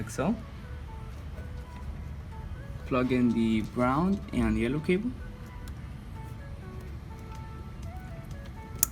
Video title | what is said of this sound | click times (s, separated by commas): G335 HOW TO REMOVE THE GRINDER | make sure it clicks | 8.8 s